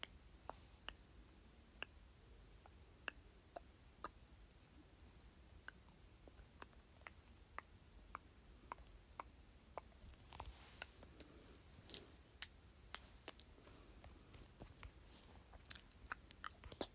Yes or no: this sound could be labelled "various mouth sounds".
yes